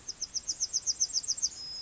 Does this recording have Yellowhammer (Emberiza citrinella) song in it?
yes